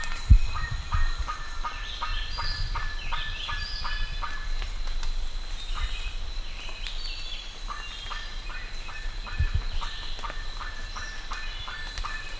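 Bird calls, a run of short clipped notes repeating quickly, with rising chirps layered on top and a low knock near the start.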